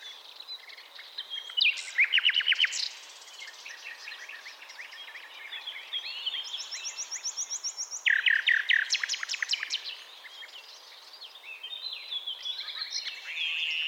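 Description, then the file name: Common nightingale song: varied rich phrases with a loud run of rapid repeated notes near two seconds and another around eight seconds. "Luscinia megarhynchos"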